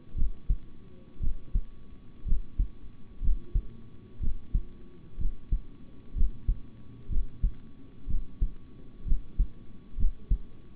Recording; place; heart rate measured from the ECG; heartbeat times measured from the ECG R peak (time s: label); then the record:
heart sounds by stethoscope; between the tricuspid and mitral areas; 61 bpm
0.15 s: heartbeat
1.20 s: heartbeat
2.25 s: heartbeat
3.21 s: heartbeat
4.20 s: heartbeat
5.17 s: heartbeat
6.14 s: heartbeat
7.09 s: heartbeat
8.07 s: heartbeat
9.05 s: heartbeat
9.96 s: heartbeat
From the record:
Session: rest, sitting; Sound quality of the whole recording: good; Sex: male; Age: 26 years